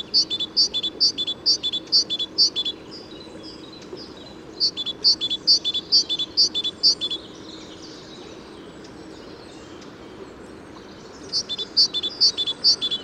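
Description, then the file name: Great tit giving bursts of high, ringing two-part notes in quick regular runs, with a long quiet gap before a final burst. "Parus major"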